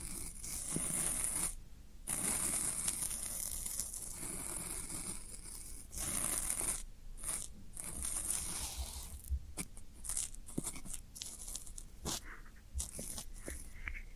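Floral foam is crunched and crumbled in dense, gritty bursts with a hissy edge, broken by short pauses near two and six seconds.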